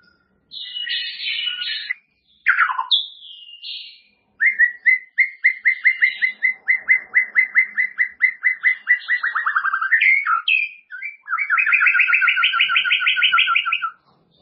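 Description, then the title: White-rumped shama song of several varied phrases: buzzy bursts, a dipping whistle, a long run of evenly spaced clipped notes, then a quick rising chatter. "murai batu"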